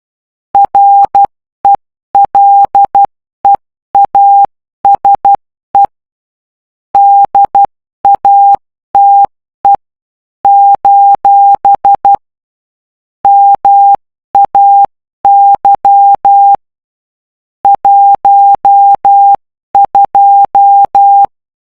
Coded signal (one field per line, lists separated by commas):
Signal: Morse code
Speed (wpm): 12 wpm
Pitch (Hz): 800 Hz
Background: none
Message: RELEASE DATE : MAY 12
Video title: Morse code #bonelab #metaquest2 #gaming #quest2 #morsecode #Stinger2 #puzzle #mystery #solve #memes